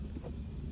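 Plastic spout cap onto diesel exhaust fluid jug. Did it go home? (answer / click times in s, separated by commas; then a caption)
no / none. A plastic pour-spout cap is being handled onto the top of a diesel exhaust fluid jug, with steady low-frequency rumble and broadband wind-like noise throughout and no distinct transient. Nothing has seated or clicked yet.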